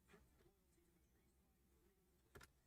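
A plastic LEGO brick is pressed into the brick assembly of a LEGO Enterprise D model spaceship over a faint low background hum. Two quick faint taps come at about 2.4 s and 2.4 s. The brick is on, but the connection is not firmly seated.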